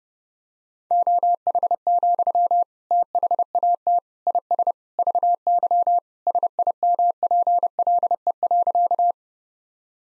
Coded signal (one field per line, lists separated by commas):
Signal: Morse code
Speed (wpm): 30 wpm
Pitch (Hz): 700 Hz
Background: none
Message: OH, THAT IS VY SIMPLE.